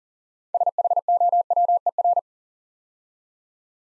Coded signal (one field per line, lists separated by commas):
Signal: Morse code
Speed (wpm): 38 wpm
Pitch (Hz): 700 Hz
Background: none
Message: SHOWER